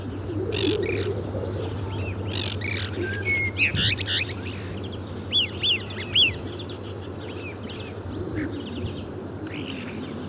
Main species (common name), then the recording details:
European Starling. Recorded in the wild. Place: Schaabe, Insel Rügen, Mecklenburg-Vorpommern, DE. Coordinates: 54.317, 13.413. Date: 1975-03-09. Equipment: Nagra III BH, Sennheiser MD 21, parabola. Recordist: Schubert, Michael